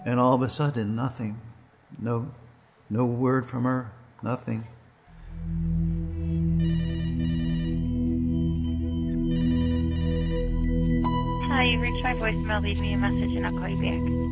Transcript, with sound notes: And all of a sudden, nothing. No word from her, nothing. [Voicemail message] Hi, you’ve reached my voicemail. Leave me a message and I’ll call you back.